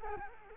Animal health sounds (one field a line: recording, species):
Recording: mosquito wingbeat signal from an infrared sensor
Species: Culex quinquefasciatus